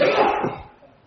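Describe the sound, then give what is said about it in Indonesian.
A single sneeze bursts out with a hissing, breathy blast that tapers off over about half a second, followed by quiet. “Yarhamukallah.”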